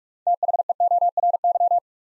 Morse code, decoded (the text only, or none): THEORY